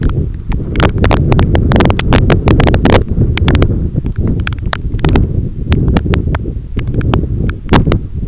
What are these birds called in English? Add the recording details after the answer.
none. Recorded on Arctic tundra, site EABA-1, on 21 June 2018. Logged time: 16:00